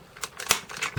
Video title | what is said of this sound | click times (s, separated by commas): gokaioh and magi dragon review | you hear click | 0.5 s